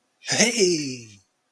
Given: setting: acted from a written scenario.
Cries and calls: vocal sound without words; positive surprise

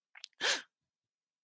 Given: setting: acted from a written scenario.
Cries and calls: vocal sound without words; fear

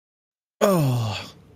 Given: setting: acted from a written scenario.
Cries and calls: vocal sound without words; ecstasy

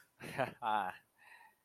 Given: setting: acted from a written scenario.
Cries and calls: vocal sound without words; pride

